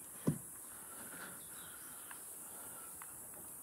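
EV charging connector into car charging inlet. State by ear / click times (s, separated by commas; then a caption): not seated / none. A Tesla Wall Connector's charging plug is pushed into the charging inlet of a Kia EV3 that is parked crooked, with the cable too short to reach easily. A dull low thump is heard at about 0.3 seconds, followed by a few faint ticks over steady background hiss. The plug does not fully seat, and nothing has seated or clicked yet.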